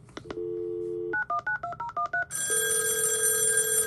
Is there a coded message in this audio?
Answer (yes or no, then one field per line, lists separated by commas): yes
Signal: DTMF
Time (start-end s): 1.1-2.2 s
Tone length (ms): 110 ms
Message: 919013